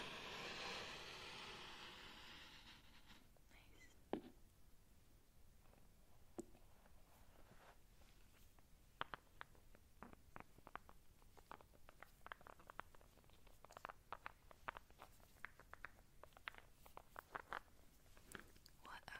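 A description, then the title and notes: Small sand spheres are handled: a soft, grainy hiss fills the first two seconds, then gives way to scattered crisp clicks and taps. From about eight seconds the taps come faster and more evenly, like light pattering, over a quiet, low tone. ASMR Tingly Sand Spheres (making patterns, soothing sounds).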